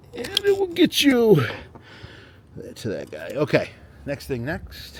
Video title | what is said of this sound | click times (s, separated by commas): Porsche Panamera 4s 2.9L v6 biturbo 2018 - Changing the Spark Plugs | that will pop off you'll hear a click and it | 0.4 s